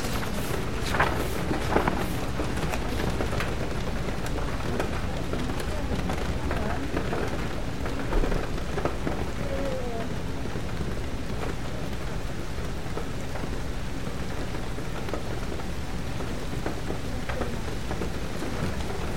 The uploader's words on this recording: Rainy Bookstore Cafe Ambience. Rain patters on the bookstore window on a peaceful afternoon.